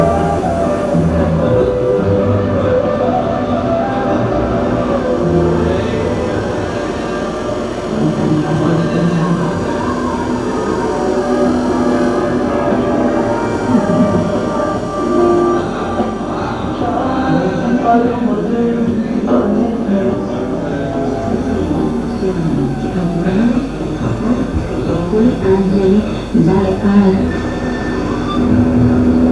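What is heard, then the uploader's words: Shortwave radio with effects: a dense, steady wash of low rumbling noise and murmuring voice-like tones, mostly in the lows and mids. The texture churns continuously for the whole stretch, with no clear pauses, and brief warbling tones surface now and then. They have set up an an antenna outside, through a side 2nd and half floor window. We can hear shortwave radio, pulse burst generators and effects.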